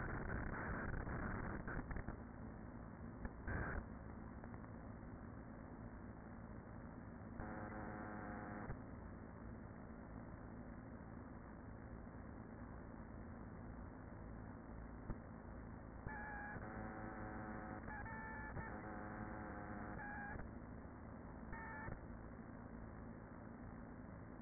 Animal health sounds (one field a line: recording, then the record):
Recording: honeybee colony, microphone inside the hive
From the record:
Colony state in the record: queen present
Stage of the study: after two queens were removed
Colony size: about 40,000 bees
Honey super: no